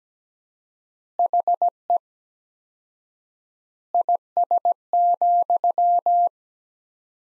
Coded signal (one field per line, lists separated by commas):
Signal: Morse code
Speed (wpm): 17 wpm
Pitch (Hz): 700 Hz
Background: none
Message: HE IS,